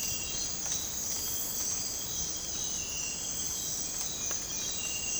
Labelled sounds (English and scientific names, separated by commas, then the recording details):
none
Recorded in dense forest near Puerto Asís, Putumayo, Colombia, on 21 December 2024 at 04:00
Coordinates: 0.481, -76.323
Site G100